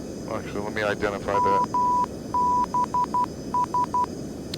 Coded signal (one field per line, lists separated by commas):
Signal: Morse code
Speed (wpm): 12 wpm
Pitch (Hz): 990 Hz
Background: speech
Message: MBS